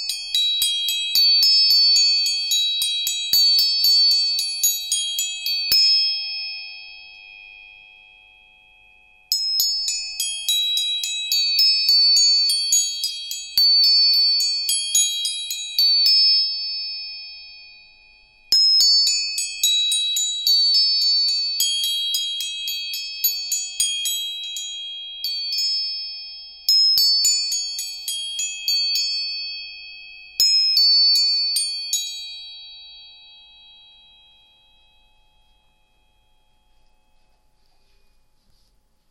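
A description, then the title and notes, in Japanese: Tuning forks are struck over and over in quick, bright, metallic taps, arriving in bursts of several seconds with short pauses between. A steady high ringing tone and a fainter lower one hang under the taps, and the last ring fades slowly. 音叉チューニング全体性。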